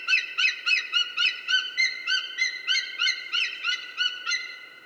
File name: wt sea eagle